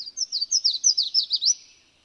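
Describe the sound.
Bird song: a steady, fast series of many sharp, high notes, each slurring downward, then fading.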